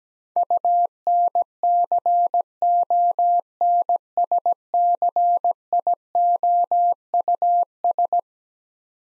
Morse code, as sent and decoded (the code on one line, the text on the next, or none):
..- -. -.-. --- -. ... -.-. .. --- ..- ...
UNCONSCIOUS